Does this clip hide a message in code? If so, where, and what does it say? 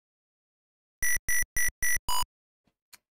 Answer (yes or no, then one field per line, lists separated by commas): no